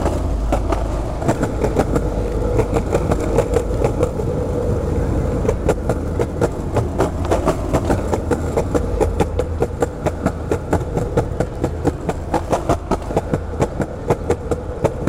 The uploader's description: We skate along the city's streets, sidewalks, and a bike path that runs alongside train tracks and crosses a river.